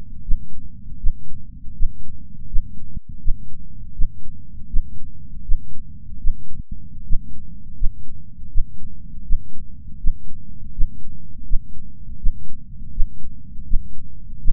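An adult heartbeat.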